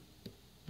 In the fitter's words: the locks into place once it locks in then you're good to go